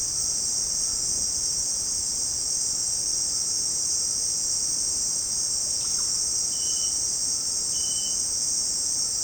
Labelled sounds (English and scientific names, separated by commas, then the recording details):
none
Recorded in pastures near Puerto Asís, Putumayo, Colombia, on 29 June 2025 at 16:30
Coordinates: 0.496, -76.326
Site GP01